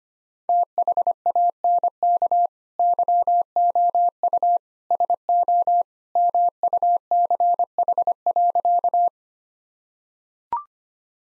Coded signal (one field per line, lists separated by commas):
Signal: Morse code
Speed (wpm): 25 wpm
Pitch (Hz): 700 Hz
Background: none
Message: THANK YOU SO MUCH.